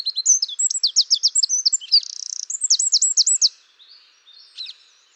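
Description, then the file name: Eurasian wren song, a loud, rapid outpouring of high, sharp notes with a buzzy trill in the middle, ending in fainter scattered notes. "Troglodytes troglodytes"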